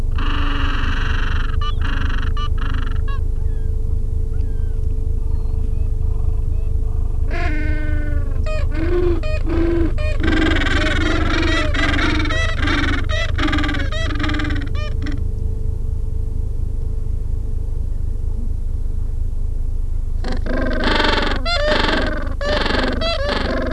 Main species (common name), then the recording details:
Gentoo Penguin. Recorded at the colony at Pleneau Island, Antarctica, on 3 January 2015. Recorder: Song Meter SM2+